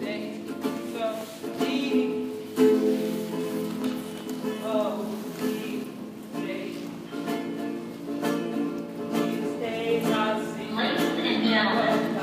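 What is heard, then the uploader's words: At a subway stop on Bedford Avenue, several voices talk over a steady crowd murmur with a hissing, rain-like wash beneath. Sharp clicks and knocks punctuate the chatter, a loud one near the third second, and the level stays fairly even throughout. Bedford avenue stop by thenycnomad.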